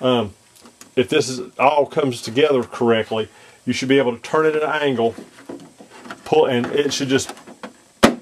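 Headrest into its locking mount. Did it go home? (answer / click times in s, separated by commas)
yes / 8.0 s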